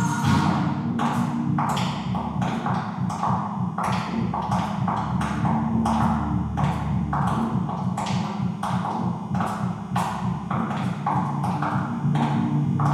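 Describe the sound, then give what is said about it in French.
A steady run of sharp wooden bangs and thuds, like doors slamming again and again, about one or two per second over a low, continuous hum, with no voices. “Les portes claquent.”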